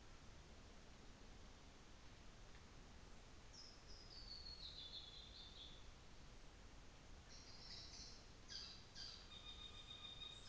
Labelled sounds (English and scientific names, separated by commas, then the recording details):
North Island Saddleback (Philesturnus rufusater)
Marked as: faintness 2/5
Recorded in New Zealand on 24 December 2018
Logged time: 15:45